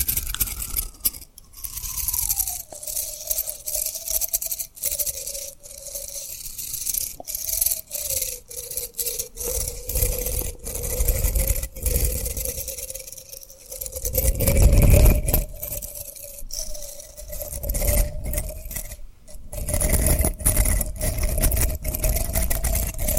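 Tapping and rubbing on rhinestones fills the recording with dense, crackly scratching and frequent sharp taps that come in quick, irregular bursts. A steady hum runs underneath, dipping in pitch early on and then holding level. Around fifteen seconds a heavier, low rumbling rub swells up.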